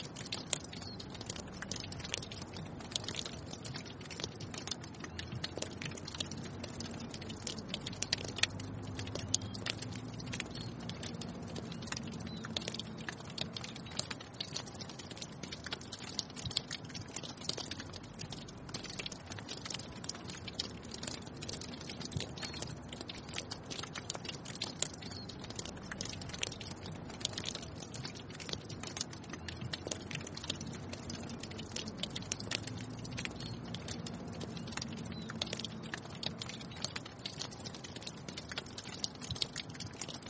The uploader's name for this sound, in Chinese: 雪山下雪融化